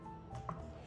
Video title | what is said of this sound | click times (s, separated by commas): SONY FX3/FX30 CAMERA BUILD | Then this pops right in here and you latch that shut. | 0.5 s